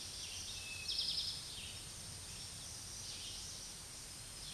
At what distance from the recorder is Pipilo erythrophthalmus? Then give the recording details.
about 40 m. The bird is about level with the microphone. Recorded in a Pennsylvania forest on 16 May 2024 at 06:10. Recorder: AudioMoth, point MSD-2083. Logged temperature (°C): 16.7 °C. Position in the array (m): 106 m, 7 m